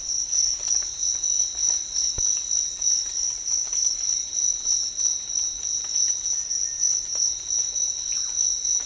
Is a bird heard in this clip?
yes